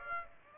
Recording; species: mosquito wingbeat signal from an infrared sensor; Aedes aegypti